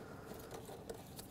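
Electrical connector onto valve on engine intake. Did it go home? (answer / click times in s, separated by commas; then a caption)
no / none. An electrical connector for a valve on the engine intake of a 2009-2019 Ford Flex is handled and pushed toward its plastic socket, with steady low mechanical rustle and a brief sharp tap at 0.9 s. Nothing has seated or clicked yet; the connector is not yet home.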